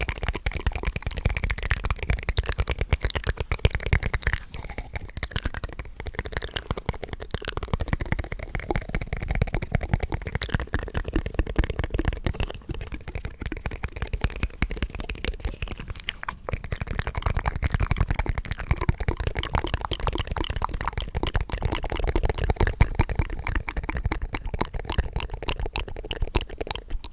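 Mouth sounds for ASMR: dense, rapid wet clicks, smacks and tongue pops crowd together with almost no pause across the whole stretch. The texture stays busy and crackly throughout, with a brief thinning near sixteen seconds and a low rumbly undertone beneath.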